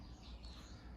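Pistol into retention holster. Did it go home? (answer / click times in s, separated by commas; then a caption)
no / none. A pistol with a milled slide and red dot is handled at a Safariland RDS retention holster, with low rumbling noise and a faint tick around 0.4 s. Nothing has seated or clicked yet; the pistol is not yet locked into the holster.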